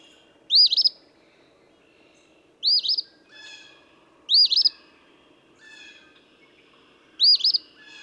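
Eastern phoebe repeating its harsh two-note phrase four times, with softer sounds in between.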